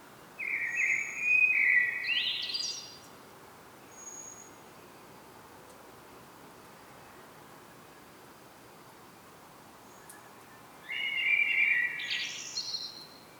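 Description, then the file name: Common blackbird singing two separate phrases about ten seconds apart, each a low fluty warble rising into a squeaky high twitter, with quiet hiss between. "Turdus merula"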